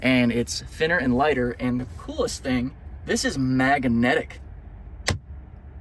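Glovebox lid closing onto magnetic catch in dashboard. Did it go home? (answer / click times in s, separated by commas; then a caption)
yes / 5.1 s. A thin, light glovebox lid in the dashboard of a Tesla Model 3 Long Range is pushed closed onto its magnetic catch while someone talks. A single sharp snap at 5.1 s marks the lid seating as the magnet holds it shut.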